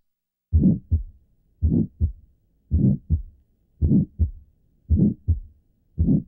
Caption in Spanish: Soplos inocentes tienen un timbre vibratorio muy característico.